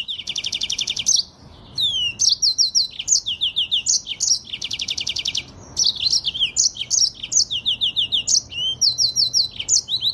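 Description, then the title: Streaked spiderhunter song: two long buzzy trills among bursts of rapid high chips and whistled slurs, with brief gaps between phrases. Song used as a tutor recording for cage birds; bird singing vigorously, with a clear, long song. "Pijantung Gunung Gacor Jernih Panjang"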